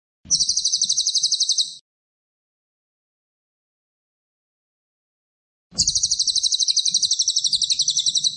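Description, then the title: Cililin giving two high, rapid, buzzy trill phrases separated by about four seconds of silence. Lively, actively singing cililin with tight rapid-fire phrases ('tembakan rapet'), presented as a tutor recording for training magpie-robins. "Cililin AMPUH. Cililin gacor tembakan rapet cocok untuk masteran murai"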